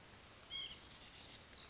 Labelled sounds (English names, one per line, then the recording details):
White-breasted Nuthatch
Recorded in Sonoma County, California